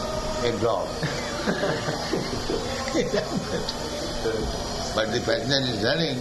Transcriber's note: laughter